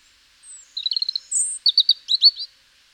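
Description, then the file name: European robin song: a thin high whistle, then a rapid stuttering trill of sharp notes and a series of quick, tumbling, varied warbled notes. "Erithacus rubecula"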